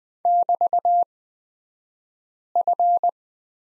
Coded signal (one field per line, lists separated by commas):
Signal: Morse code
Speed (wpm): 20 wpm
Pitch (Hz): 700 Hz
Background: none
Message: <BT>F